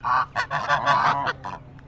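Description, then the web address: Chinese goose honking: a rapid run of loud, nasal, harmonic honks, fading toward the end. "Sound Effects-Foundation 1 BIRD GEESE CHINESE HONK"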